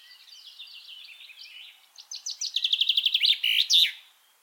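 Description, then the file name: Common chaffinch song: soft twittering notes, then a louder series of repeated notes ending in a brief flourish. "Fringilla coelebs"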